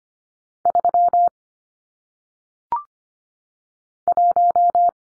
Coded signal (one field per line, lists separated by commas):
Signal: Morse code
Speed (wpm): 25 wpm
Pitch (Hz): 700 Hz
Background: none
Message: 3 1